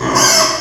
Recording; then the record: squeal of a Yucatan mini pig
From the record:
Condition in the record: before surgery on the right vocal fold (resection and tissue-engineered implant); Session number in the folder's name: 2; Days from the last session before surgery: 0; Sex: male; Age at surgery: 12 weeks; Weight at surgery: 13 kg